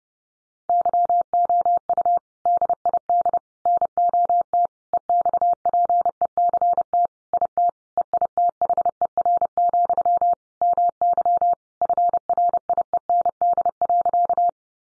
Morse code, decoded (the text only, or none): YOU DID NOT EXPECT IT EITHER, MY FRIEND.